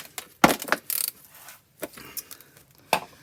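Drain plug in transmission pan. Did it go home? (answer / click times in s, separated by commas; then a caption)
no / 0.4 s. A 15 mm socket works a rusted transmission drain plug in the transmission pan and slips off with a loud metallic clank at 0.4 s, followed by a lighter knock at 0.7 s and another clank at 2.9 s. The drain plug is stripped because of rust.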